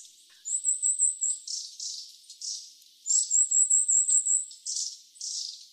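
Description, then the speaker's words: Long-tailed tit contact calls: thin, very high trilled notes alternating with soft sputtering sirrup-like bursts in a steady, continuous chorus. Flock roving through gardens; constant faint chorus of 'sirrup' and 'tip' calls keeps the flock together, giving more eyes for predators and letting birds roost together at dusk for warmth. "When it comes to a flock of long-tailed tits, as they rove through gardens, you get this constant little chorus, faint, rather simple, of little sirrup and tip-type calls."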